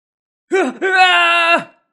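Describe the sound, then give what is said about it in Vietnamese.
A man lets out a loud, drawn-out scream as he wakes and opens his eyes: a brief opening cry, then a sustained, steady-pitched yell lasting about a second before it drops and trails off, with no other sound around it. “Thạch Mục thét dài một tiếng rồi mở bừng mắt ra”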